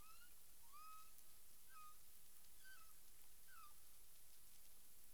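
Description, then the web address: Humpback whale song units: several short tonal upsweeps with faint harmonics, over a steady hiss. Recorded in the Caribbean on 9 April 2002 at 18:12 UTC. "CARIMAM. humpback whale 20020409 181253 UTC"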